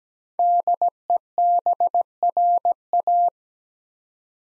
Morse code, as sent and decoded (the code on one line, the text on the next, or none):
-.. . -... .-. .-
DEBRA